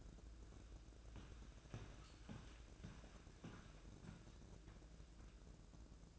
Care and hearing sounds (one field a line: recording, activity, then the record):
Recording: daily activity, microphone in the room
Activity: walk to room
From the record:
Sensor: 2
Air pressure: 1012.1 hPa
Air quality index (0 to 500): 142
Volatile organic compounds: 2 ppm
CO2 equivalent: 1034 ppm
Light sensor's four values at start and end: 91/219/90/89 and 91/217/90/89